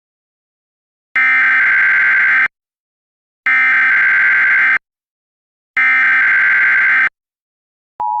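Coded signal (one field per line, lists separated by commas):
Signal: Emergency Alert System (SAME) tones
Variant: header bursts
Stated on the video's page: Recreation of a 2014 EAS shelter-in-place warning using a synthesized voice.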